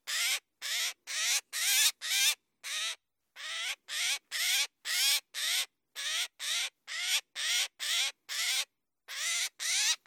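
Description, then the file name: Eurasian jay, repeated raspy screeching calls, roughly two per second, with a few longer pauses breaking the otherwise steady rhythm. "Garrulus glandarius"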